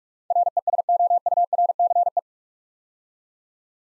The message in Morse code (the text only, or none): RESOURCE